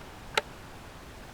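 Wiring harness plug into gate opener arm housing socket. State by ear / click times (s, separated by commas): seated / 0.4 s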